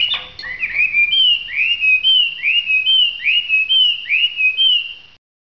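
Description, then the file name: Hwamei whistling a repeated upslurred note many times, each clear and bright, after a brief scratchy start. Song described as gacor. "audio hwamei gacor. omkicau"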